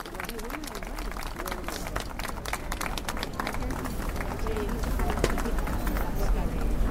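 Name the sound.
audience applause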